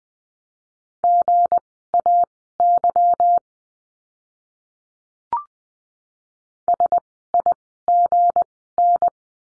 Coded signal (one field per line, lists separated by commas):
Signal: Morse code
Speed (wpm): 20 wpm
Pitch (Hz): 700 Hz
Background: none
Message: GAY SIGN